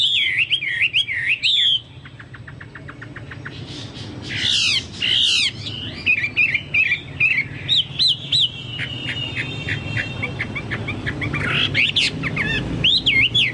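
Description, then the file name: Chinese hwamei song: rapid rolling whistles and trills, some harsh squeaky bursts, switching between phrase types over a steady low background hum. "hwamei-2-omkicau"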